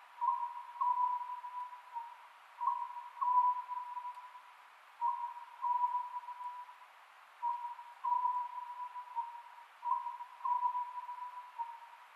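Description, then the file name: Oriental scops owl giving soft, tonal notes in short phrases, each group returning roughly every two to three seconds against faint background hiss. Recorded 27 May 2010 at 22:21. "konohazuku-20100527-2221"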